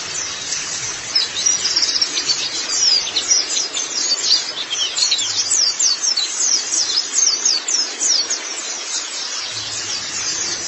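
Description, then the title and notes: White-eye twittering song, fast streams of thin high chips and slurred notes running without pause, uneven in loudness, over steady background hiss. Long-duration recording of white-eye twittering song. "Kicauan Burung Pleci Durasi Panjang. Suara kicauan burung pleci"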